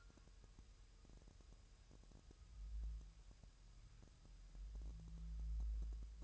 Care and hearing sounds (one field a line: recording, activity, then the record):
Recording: daily activity, microphone in the room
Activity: wipe stove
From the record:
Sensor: 2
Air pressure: 1000.9 hPa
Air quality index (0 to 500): 249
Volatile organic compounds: 100 ppm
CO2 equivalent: 3752 ppm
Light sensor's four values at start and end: 10/25/10/11 and 10/25/10/11